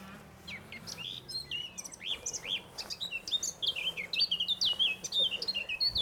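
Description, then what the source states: Eurasian blackcap song, a busy warble of quick varied notes in a continuous run, with a steady low hum underneath. Singing on the left during a walk in Bath, England; the song starts closed and crackly, then unfurls and spreads out, turning smoother toward its end.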